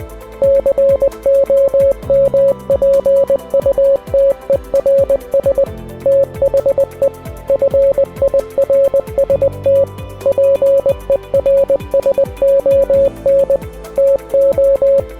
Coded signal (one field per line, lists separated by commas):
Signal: Morse code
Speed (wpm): 20 wpm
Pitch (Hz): 550 Hz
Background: music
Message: COMPUTERS THE FIRST PERSON TO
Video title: Commodore 64 RAMBO FIRST BLOOD II Hidden Easter Egg (2020)